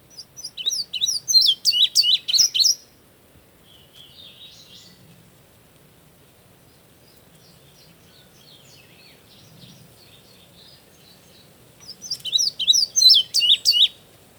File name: Indigo Bunting